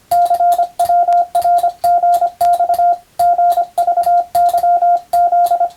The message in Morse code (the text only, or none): CWRGX GVYZ